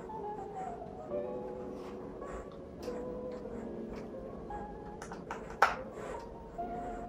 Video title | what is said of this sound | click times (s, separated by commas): Before You Buy the IPhone 12 mini Watch This... - mini size. Max Features. | You hear the click, and you are good to go. | 5.6 s